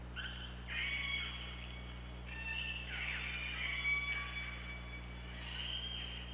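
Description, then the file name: Orca pulsed calls, several buzzy harmonic calls over a steady low underwater hum. Recorded by OrcaLab hydrophone underwater, 24 August 2017, around 19:00. "Orca Lab UTLN JASON 20170824 190028"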